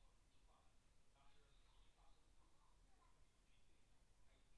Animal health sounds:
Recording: poultry house recording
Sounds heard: no chicken sound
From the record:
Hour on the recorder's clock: 17

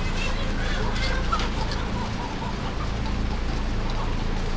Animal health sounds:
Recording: poultry house recording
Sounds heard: healthy chickens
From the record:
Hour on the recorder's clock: 23

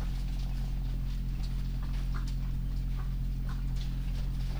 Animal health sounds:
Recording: poultry house recording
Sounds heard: sick chickens (respiratory disease)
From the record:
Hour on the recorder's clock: 23

